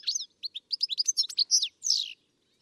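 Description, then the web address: Bird giving a rapid run of sharp, high chirps and slurred notes in under two seconds, ending in one harsher rasping note. "Deverinetal. Bird Only"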